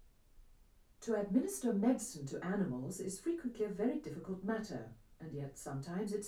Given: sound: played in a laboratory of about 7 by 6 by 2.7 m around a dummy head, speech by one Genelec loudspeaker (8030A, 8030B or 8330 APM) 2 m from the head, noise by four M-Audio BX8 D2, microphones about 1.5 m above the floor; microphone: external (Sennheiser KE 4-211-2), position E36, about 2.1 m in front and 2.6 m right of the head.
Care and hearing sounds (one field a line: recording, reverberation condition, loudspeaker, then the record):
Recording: female speech in English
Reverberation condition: low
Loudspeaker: 30 degrees to the left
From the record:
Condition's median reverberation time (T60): about 310 ms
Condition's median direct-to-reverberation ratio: about 3.5 dB